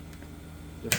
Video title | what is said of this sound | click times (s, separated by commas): Pella window installation | enough there you go click | 0.9 s